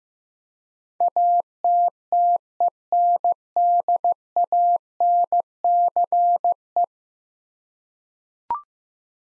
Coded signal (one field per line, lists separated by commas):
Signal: Morse code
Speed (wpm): 15 wpm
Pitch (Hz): 700 Hz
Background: none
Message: ATTENDANCE